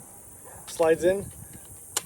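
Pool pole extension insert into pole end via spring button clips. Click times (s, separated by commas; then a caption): 2.0 s. Someone talks as an extension insert is slid onto the end of a ProTuff pool pole with its spring-button clips pinched. At 2.0 s the clips pop into the locating holes with a short, sharp click, and the extension locks into place.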